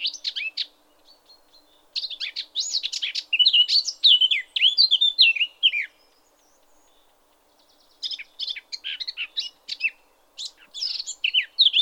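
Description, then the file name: Eurasian blackcap singing varied, hurried warbled phrases mixing scratchy notes and clear whistles, in bursts separated by pauses. "Sylvia atricapilla"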